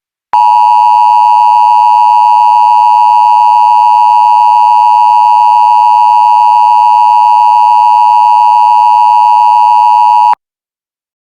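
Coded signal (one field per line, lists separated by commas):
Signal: Emergency Alert System (SAME) tones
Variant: 853 and 960 Hz attention tone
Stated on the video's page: Remake of a mock Local Area Emergency alert for Jackson County, Alabama.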